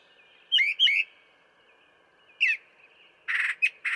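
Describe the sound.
Brown thrasher giving doubled slurred whistled notes, a single clear phrase after a pause, then harsh, buzzy chattering notes, with a steady faint tone behind.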